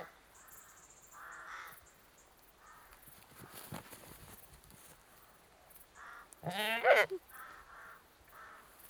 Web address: The BBC Sound Effects Library Livestock British Goat Bleating (annoyed)